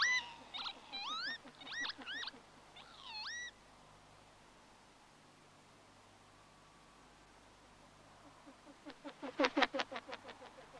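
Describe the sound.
Northern lapwing giving several short wheezy rising and falling calls in a quick series, then a long quiet stretch; a run of sharp clicks near the end.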